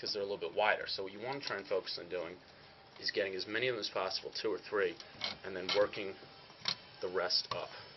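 Someone talks while handling a WAC Lighting HR-423 recessed downlight trim, lining its spring clamps up with the recessed fixture housing and working them in, with a few faint handling sounds under the speech. The trim has not snapped into the housing yet, and nothing has seated or clicked.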